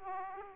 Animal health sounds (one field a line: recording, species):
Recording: mosquito wingbeat signal from an infrared sensor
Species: Aedes aegypti